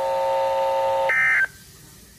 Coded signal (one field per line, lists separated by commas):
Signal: Emergency Alert System (SAME) tones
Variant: end-of-message bursts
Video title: Tornado warning (Wisconsin) (EAS #3)